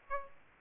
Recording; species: mosquito wingbeat signal from an infrared sensor; Aedes aegypti